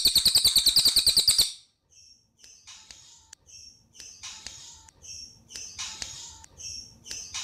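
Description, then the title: Spiderhunter song: a fast, even burst of sharp high notes lasting about a second and a half, followed by quieter scattered chirps and short high calls. Long, clear, prolific (gacor) song, used as a tutor track for training birds. "Pijantung Gunung Gacor Jernih Panjang"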